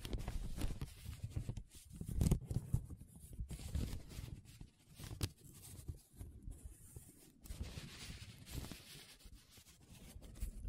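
Paper being rubbed and scratched, with a rough, dry rustle that comes in uneven strokes and short bursts throughout. The sound stays mostly low and dense, with brief sharper scrapes near two, four and six seconds and quieter gaps between strokes.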